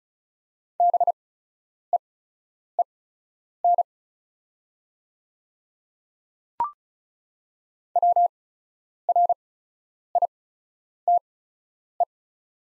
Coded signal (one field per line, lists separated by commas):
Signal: Morse code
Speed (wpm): 36 wpm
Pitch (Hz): 700 Hz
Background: none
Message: BEEN WRITE